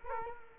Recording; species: mosquito wingbeat signal from an infrared sensor; Culex quinquefasciatus